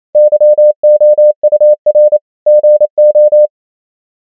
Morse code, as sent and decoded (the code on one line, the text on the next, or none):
-.-- --- ..- .-. / --. ---
YOUR GO